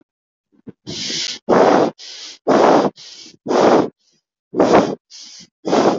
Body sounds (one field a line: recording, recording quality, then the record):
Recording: shallow breathing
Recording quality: excellent, no background noise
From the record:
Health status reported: healthy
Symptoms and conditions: none ticked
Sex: female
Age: 31 years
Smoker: not ticked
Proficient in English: yes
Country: India